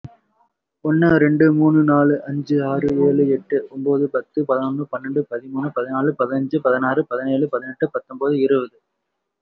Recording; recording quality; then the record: counting at a normal pace; excellent, no background noise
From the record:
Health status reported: respiratory illness, not identified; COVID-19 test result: negative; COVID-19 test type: RT-PCR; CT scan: not taken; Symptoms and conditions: cold, breathing difficulty, asthma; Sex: male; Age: 25 years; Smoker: no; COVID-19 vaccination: one dose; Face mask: worn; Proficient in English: yes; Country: India